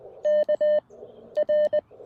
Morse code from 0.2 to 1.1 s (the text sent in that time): K